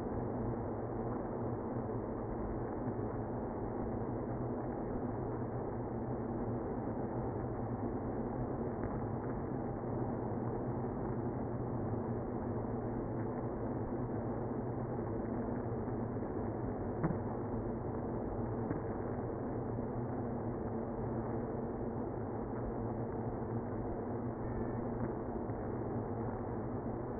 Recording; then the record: honeybee colony, microphone inside the hive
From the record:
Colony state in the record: queenless (queen removed); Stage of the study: after two queens were removed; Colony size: about 60,000 bees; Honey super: yes